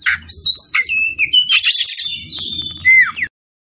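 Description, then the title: Oriental magpie-robin song, loud varied whistles with rising and falling slurs and harsh buzzy bursts, stopping abruptly after about three seconds; low hum underneath. Kacer fighting song (ngotot, full tembakan), meant to make a kacer fight within minutes. "Kacer Langsung Tarung Konslet KACER NGOTOT FULL TEMBAKAN"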